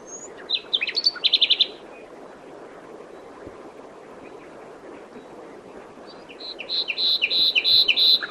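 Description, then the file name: Common nightingale song: a burst of rapid repeated chirps, a long pause, then a loud rhythmic series of repeated high notes in a pulsing pattern; background hum. "Luscinia megarhynchos"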